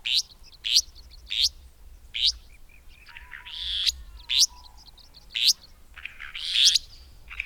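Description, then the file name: Restless flycatcher: sharp, scratchy upswept notes spaced irregularly, each brief and high, mixed with softer chirps. "Myiagra Inquieta"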